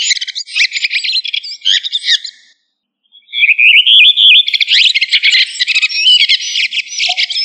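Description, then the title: Thrush singing in rapid, dense twittering phrases mixed with buzzy notes and a rising whistle, briefly pausing midway before resuming. "Familia Turdidae - Sabia"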